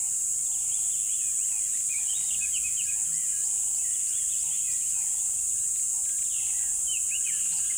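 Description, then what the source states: Birds chirping in a dense chorus, many overlapping rising and falling notes over a steady high hiss, with a low pulsing hum repeating throughout. Birds chirping in a river bed at dawn, with chirping increasing.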